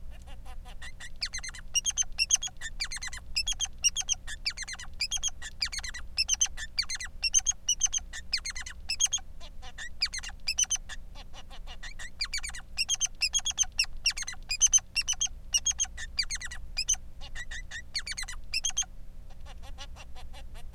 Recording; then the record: song of a male Bengalese finch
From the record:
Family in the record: son of father 3